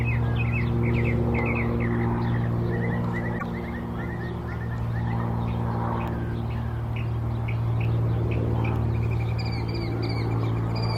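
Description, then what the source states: Northern mockingbird singing short series of repeated chirpy notes that change type every few seconds, with a few higher notes near the end, over a loud steady traffic hum. Recorded at Old South Cemetery on 17 April 2024.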